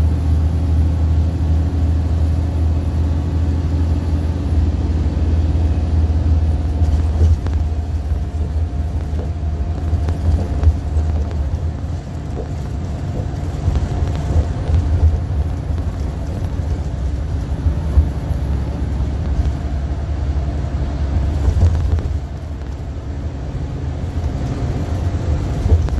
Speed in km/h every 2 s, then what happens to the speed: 79, 84, 77, 77, 77, 77, 79, 81, 84, 84, 82, 77, 66.
0-12 steady at about 77. 19-24 brakes to 66.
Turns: none.